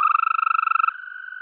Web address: Green Toad